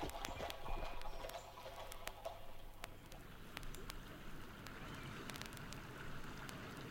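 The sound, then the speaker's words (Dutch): Horse hooves clip-clop at a steady walking pace as a horse-drawn mail coach rolls along, sharp knocks over a continuous rough, hissing rumble, with no voices. “Later aan postkoets of trekschuit.”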